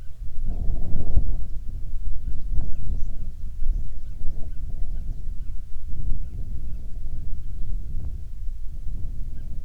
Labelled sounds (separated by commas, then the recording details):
songbird, wind, insects
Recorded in the Prudhoe Bay oil fields, Alaska, on 7 July 2019 at 00:02
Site 16